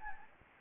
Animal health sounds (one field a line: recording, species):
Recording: mosquito wingbeat signal from an infrared sensor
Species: Anopheles gambiae